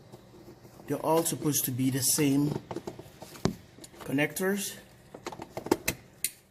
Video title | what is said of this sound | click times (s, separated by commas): WINDSHIELD WASHER PUMP REPLACEMENT (Part 2) | there you go did you hear the snap now it's already snapped in | 6.2 s